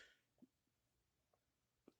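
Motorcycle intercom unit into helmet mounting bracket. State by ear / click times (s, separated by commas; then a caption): not seated / none. A Midland BT City motorcycle intercom unit is lined up by its two locating points with the plastic mounting bracket on a helmet, before being slid down into place. Only quiet handling is heard: a brief hiss at the start and a few soft, low knocks around 0.4, 1.3 and 1.9 seconds. The unit has not clicked into the bracket yet.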